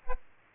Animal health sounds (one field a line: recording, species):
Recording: mosquito wingbeat signal from an infrared sensor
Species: Aedes aegypti